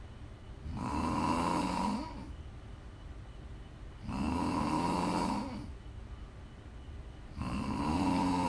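Three loud, rough snores fill about eight seconds, each lasting roughly a second and a half, with quieter breathing between them. The pace is near 18 a minute and fairly regular. This is ordinary snoring.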